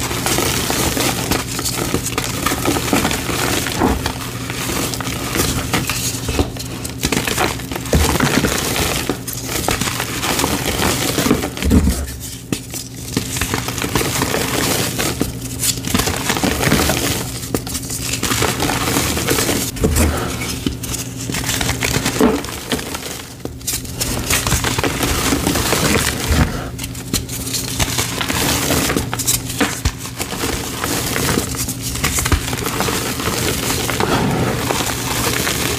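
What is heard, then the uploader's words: Gym chalk blocks being crushed and reworked, a dense run of gritty crinkling and scraping with repeated pulses and a steady low hum. Crushing black gym chalk blocks and reforms, plus the full reforming process, including paste mixing.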